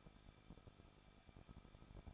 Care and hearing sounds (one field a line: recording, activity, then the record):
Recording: daily activity, microphone in the room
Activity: no activity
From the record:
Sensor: 5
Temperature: 20.9 degrees Celsius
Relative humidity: 38.2%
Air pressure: 1006.5 hPa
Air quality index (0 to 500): 186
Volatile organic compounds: 18 ppm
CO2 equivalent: 2602 ppm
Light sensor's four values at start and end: 2/3/1/1 and 2/3/1/1